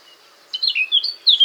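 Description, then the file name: Eurasian blackcap song fragment, a short burst of bright whistled warbling notes after a brief quiet start. "Sylvia atricapilla"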